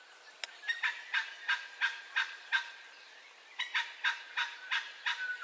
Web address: Sound Effects-Foundation Updates AMBIENCE DAWN BIRDCALLS STEREO